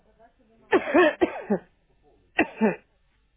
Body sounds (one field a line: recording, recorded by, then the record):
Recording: voluntary cough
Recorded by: telephone call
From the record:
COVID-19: negative